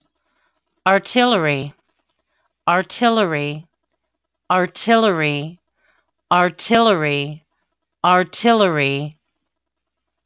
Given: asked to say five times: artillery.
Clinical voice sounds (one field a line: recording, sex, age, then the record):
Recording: repeated word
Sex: female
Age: 40 to 49 years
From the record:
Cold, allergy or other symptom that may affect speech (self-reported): no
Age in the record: 45 years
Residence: Tennessee, United States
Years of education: 15